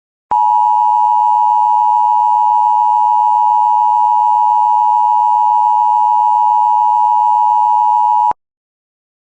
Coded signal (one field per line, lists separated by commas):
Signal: Emergency Alert System (SAME) tones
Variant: 853 and 960 Hz attention tone